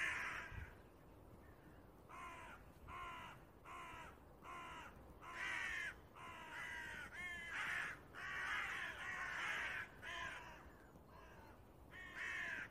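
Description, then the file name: Carrion crow cawing repeatedly, a series of many rasping caws, some longer and more drawn out, over background noise. "Corvus corone"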